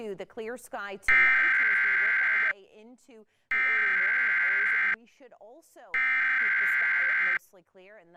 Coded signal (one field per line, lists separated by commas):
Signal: Emergency Alert System (SAME) tones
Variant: header bursts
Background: speech